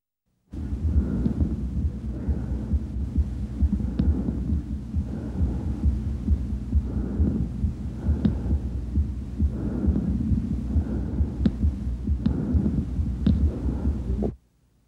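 Loud, harsh, hollow breath sounds heard by stethoscope over the left lower lobe of an adult chest: bronchial breathing where normal lung should sound soft.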